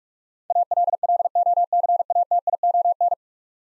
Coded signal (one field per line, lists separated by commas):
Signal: Morse code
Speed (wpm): 46 wpm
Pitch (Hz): 700 Hz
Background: none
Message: ALLOCATION